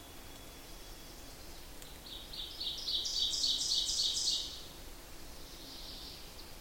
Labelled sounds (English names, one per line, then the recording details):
Ovenbird song
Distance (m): 25 m
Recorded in boreal forest in Alberta, Canada, on 8 June 2016 at 06:58
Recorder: SongMeter 3, array SBT-3-9
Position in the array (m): 47 m, 103 m
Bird 33